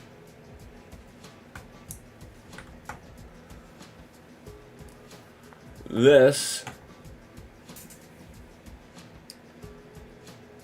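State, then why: Not seated. A LEGO piece from set 10261 is pushed into position on a brick model, with small plastic ticks and taps throughout and someone talking briefly around 6 seconds. The brick does not click in because something is in between, and nothing has clicked or seated yet.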